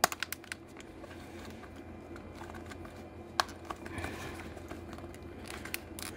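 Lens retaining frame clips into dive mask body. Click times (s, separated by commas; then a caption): 0.0 s, 3.4 s, 5.7 s. The plastic lens retaining frame is pressed back onto a TUSA Splendive IV scuba mask body during a skirt replacement, and sharp plastic clicks are heard at 0.0, 3.4 and 5.7 s as its clips lock in. Quieter handling rustles fill the rest of the clip. The frame ends up seated and firmly clipped into place.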